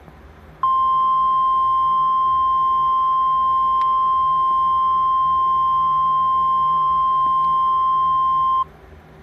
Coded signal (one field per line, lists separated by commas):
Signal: Emergency Alert System (SAME) tones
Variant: 1050 Hz attention tone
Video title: EAS mock- Suspicious Package update